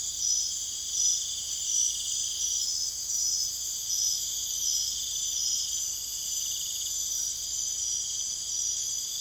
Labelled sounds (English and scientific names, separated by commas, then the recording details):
none
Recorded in secondary vegetation near Puerto Asís, Putumayo, Colombia, on 29 June 2025
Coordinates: 0.488, -76.319
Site G094